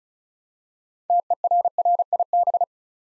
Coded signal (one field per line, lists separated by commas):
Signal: Morse code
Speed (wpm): 36 wpm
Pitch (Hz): 700 Hz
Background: none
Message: TERRIB